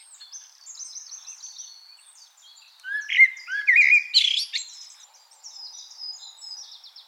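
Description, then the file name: Common blackbird: quiet high twittering leads into a strong, mellow warbled phrase, which trails off into thin, high, rattling notes. "Turdus merula"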